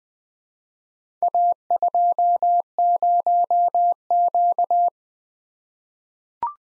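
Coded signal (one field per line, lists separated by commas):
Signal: Morse code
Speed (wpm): 20 wpm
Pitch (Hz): 700 Hz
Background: none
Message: A20Q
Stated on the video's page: Morse practice at 20 wpm: random four-character letter-number groups for head-copy, each sent, spoken, then sent again.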